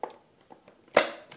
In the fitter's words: rastet ein und